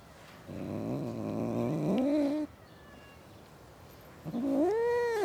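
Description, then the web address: Domestic cat caterwauling: a long wavering yowl rising over about two seconds, a pause, then a second rising, arching wail near the end. Cats in a suburban garden. "BBC Sound Effects Library. Cats In A Suburban Garden"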